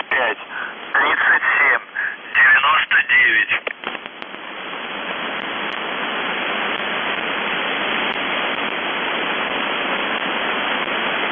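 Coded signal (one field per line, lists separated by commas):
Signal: numbers station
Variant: UVB-76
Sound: a brief spoken voice message over radio, then steady static hiss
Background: radio static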